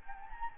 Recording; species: mosquito wingbeat signal from an infrared sensor; Anopheles gambiae